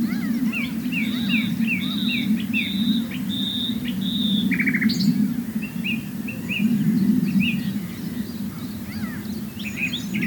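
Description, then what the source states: Common nightingale giving a string of repeated pure whistles, then a short buzzy rattle and scattered chirps, set against a loud steady low drone. Swale.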